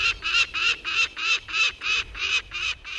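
Peregrine Falcon call, harsh rasping notes repeated steadily about three to four times a second, with a faint wavering lower tone underneath.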